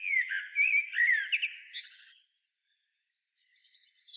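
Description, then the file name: Common blackbird song: a flowing mellow warble ending in a rapid twitter, a short pause, then a thin high squeaky trill. "Turdus merula"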